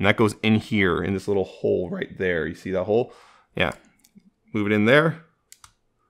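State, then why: Seated. Someone talks while a grey plastic piece of a Transformers Masterpiece MPM-5 Barricade transforming robot figure is pushed into a small locating hole in the front section during transformation. A sharp click at 5.5 s marks the piece seating into place, followed by a fainter tick just after.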